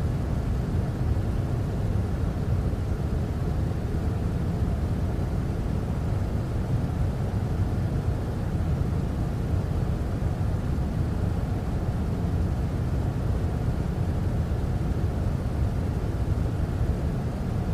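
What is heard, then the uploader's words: A white noise machine runs with a steady, unchanging hiss, heavy in the low end like a distant engine or cabin rumble. The sound is dense and even throughout, with no distinct events, and fainter brightness on top. White Noise Machine Sounds.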